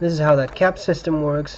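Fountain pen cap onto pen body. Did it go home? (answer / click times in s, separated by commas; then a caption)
no / none. Someone talks while handling a Visconti Homo Sapiens Florentine Hills fountain pen, about to give its cap a half turn onto the pen body so it clicks into place. Only speech is heard; the clip ends before the cap goes home, and nothing has seated or clicked yet.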